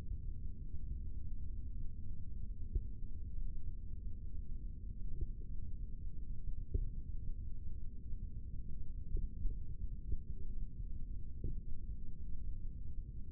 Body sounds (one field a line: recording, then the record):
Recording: forearm muscle sounds (acoustic myography)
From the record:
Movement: rest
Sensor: system 3, bracelet of six PUI Audio POM-2738L microphones around the upper forearm, with dedicated amplification and filtering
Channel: 1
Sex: male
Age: 23 years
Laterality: right